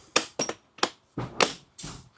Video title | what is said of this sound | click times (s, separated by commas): Paiseec S3 Mobility Scooter Unboxing & Review - Fixed S1 Issues - Mobility Solutions | Click. Check it. | 0.2 s